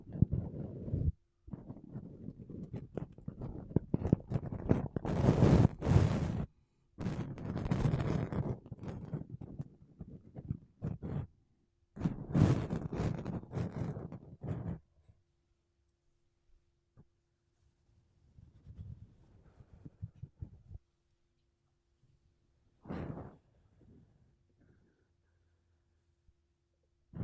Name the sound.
Mic Brushing Using Makeup Brushes and Sponge